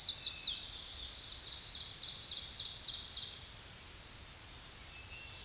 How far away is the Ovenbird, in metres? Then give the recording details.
about 40 m. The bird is about 10 m above the microphone. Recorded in a Pennsylvania forest on 16 May 2024 at 06:06. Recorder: AudioMoth, point MSD-2131. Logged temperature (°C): 14.8 °C. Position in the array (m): 80 m, 21 m